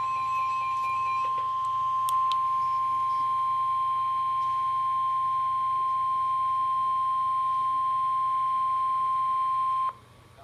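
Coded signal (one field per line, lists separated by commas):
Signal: Emergency Alert System (SAME) tones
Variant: 1050 Hz attention tone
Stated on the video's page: Live audio of a severe thunderstorm warning for Limestone, Madison and Morgan counties, Alabama.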